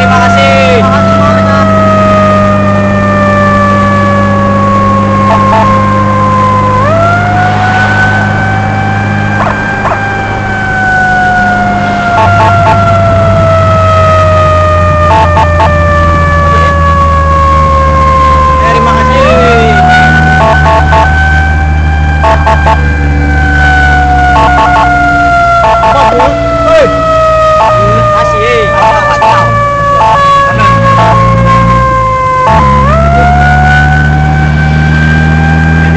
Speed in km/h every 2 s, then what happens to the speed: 84, 85, 86, 87, 88, 86, 82, 71, 66, 65, 66, 62, 50, 47, 48, 49, 52, 58.
0-11 steady at about 86. 11-16 brakes to 66. 20-26 slows to 47. 30-36 speeds up to 58.